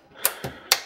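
A desktop RAM module, part of a 16GB RAM upgrade in a ThinkCentre M93p, is pressed down into the motherboard DIMM slot until the retaining clips snap shut. Two sharp, bright clicks are heard at 0.3 s and 0.7 s, with a softer, duller thump at about 0.4 s between them. The module is seated.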